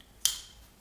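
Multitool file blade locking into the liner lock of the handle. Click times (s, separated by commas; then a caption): 0.2 s. The metal file blade of a Nextool W4 multitool is opened until it locks into the liner lock of the handle. A single sharp, bright metallic click at 0.3 s rings briefly and fades. The file is now locked in place.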